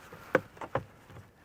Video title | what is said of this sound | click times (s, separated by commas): Complete 2011+ 6.7 Powerstroke - Oil Service DIY | And clip, clip. | 0.3 s, 0.8 s